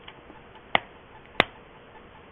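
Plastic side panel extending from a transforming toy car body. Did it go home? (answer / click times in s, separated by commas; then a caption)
yes / 0.8 s, 1.4 s. Plastic side panels on a Transformers Deluxe Class Concept Camaro Bumblebee toy car are pulled all the way out from the body into their extended position. Two sharp, bright plastic clicks ring out at 0.8 s and 1.4 s over quiet background, after a faint tick near the start. The panels click and seat in place.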